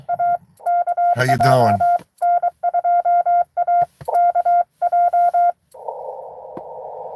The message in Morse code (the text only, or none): A KJ N2AKJ